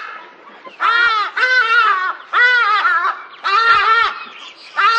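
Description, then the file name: Hadeda ibis calling with loud, raucous, braying 'haa' notes, several in quick succession. "hadida bird"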